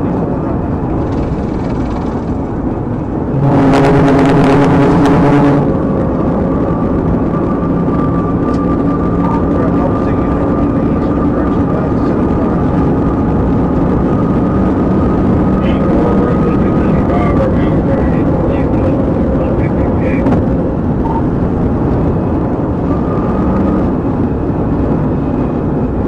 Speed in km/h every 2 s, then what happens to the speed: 153, 153, 158, 166, 171, 172, 177, 185, 185, 185, 174, 172, 166.
0-18 speeds up to 185. 18-26 slows to 166.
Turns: none.